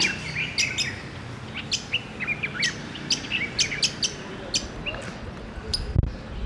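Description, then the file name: Budgerigar chatter: a busy stream of short warbles, clicks and sharp high chirps, several overlapping, with a low rumbling background noise. Budgerigar sounds to stimulate breeding. "Budgie Sounds Tahrik Joft"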